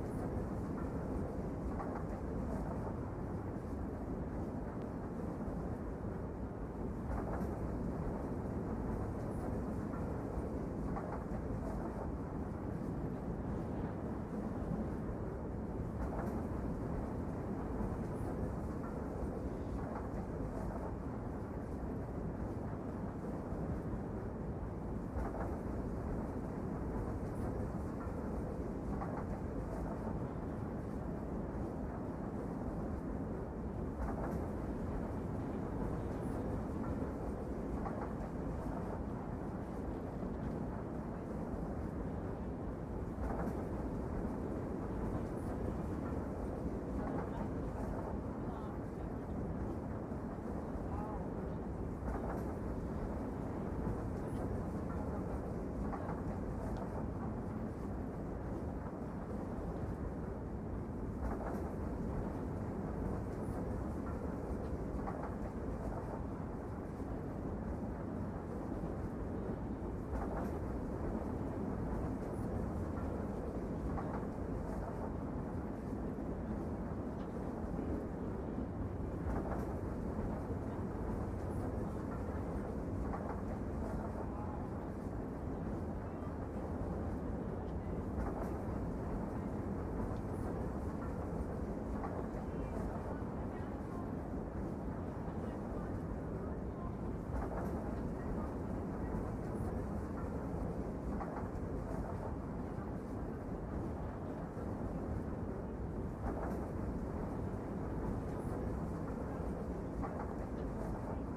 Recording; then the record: background sound without coughing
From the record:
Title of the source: Train Ride Ambience ambient white noise for sleeping, focus, studying, reading